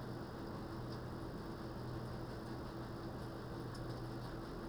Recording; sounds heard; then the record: poultry house recording; no chicken sound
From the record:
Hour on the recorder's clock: 20